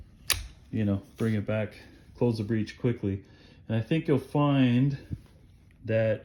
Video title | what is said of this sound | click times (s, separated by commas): Gamo Swarm Fusion Update | Bring it back slowly and you will hear a little click sound as it seats the pellet, and then, | 0.3 s